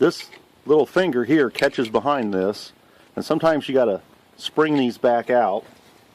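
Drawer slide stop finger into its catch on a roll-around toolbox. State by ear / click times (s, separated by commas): not seated / none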